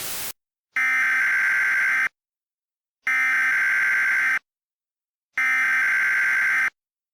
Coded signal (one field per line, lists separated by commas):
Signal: Emergency Alert System (SAME) tones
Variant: header bursts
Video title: EAS Mock 24: Qui Maneant